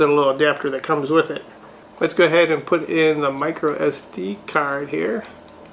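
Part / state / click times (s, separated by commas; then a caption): micro SD card into USB-C hub card slot / not seated / none. Someone talks throughout while handling a micro SD card about to go into the card slot of a HyperDrive USB-C hub attached to a phone in a clear case. Only speech is heard, and nothing has seated or clicked yet by the end of the clip.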